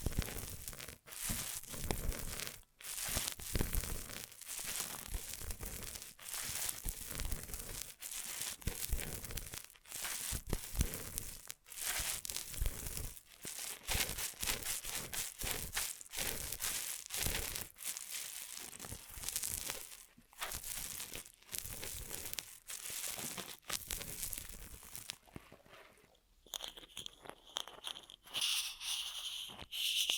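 Ear massage triggers: dense, bright crinkling and rubbing sounds fill the first twenty-five seconds in quick irregular bursts, broken by brief silences. Near the end the rubbing stops and softer, sparser tapping and light scratching take over.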